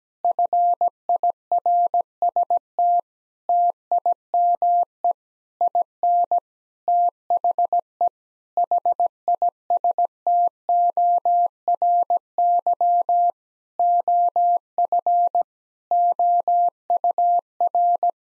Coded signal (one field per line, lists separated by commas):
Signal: Morse code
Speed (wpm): 17 wpm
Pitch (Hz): 700 Hz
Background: none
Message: FIRST TIME IN THE HISTORY OF OUR